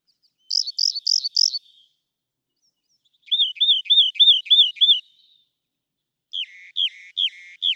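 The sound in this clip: Rock wren song in three short bursts, each a run of four to six repeated slurred notes, the pitch changing between bursts.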